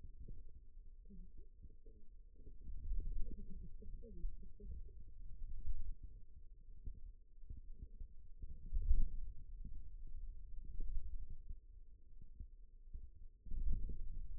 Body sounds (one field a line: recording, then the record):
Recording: forearm muscle sounds (acoustic myography)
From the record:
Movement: wrist extension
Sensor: system 2, bracelet of six BSWA MPA416 microphones around the upper forearm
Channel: 4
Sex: male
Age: 22 years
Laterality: right